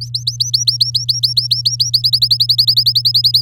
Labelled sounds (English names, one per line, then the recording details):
Domestic Canary song
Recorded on 9 May 2018 at 06:03
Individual llb16